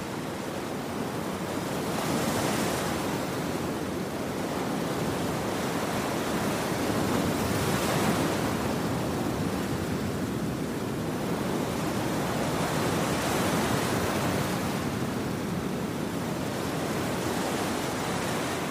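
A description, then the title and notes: Ocean waves roll in a steady, dense wash of surf with no quiet gaps. Gentle swells brighten and hiss a little louder about every five seconds, near 2.5, 8, 13 and 17 seconds, over a constant low rumble. Ocean Waves White Noise.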